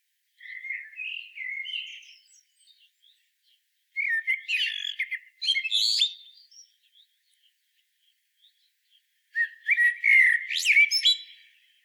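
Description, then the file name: Common blackbird singing three phrases: a soft wavering whistle, then richer warbles with scratchy notes, then a final loud phrase ending in high squeaks. "Turdus merula"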